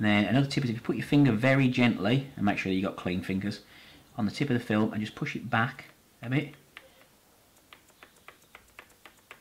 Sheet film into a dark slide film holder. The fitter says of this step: hear it clicking and that means it's just safely over these blockers and